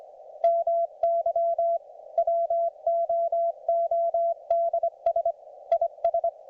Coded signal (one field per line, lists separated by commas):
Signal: Morse code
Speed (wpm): 22 wpm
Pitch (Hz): 690 Hz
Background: none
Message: MY WOODS IS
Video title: MORSE CODE PRACTICE - RAGCHEWING WITH ART